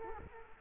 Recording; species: mosquito wingbeat signal from an infrared sensor; Culex quinquefasciatus